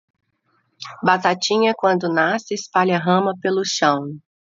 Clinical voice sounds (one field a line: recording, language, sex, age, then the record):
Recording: short text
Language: Brazilian Portuguese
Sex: female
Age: 30 to 39 years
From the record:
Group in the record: control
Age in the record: 36 years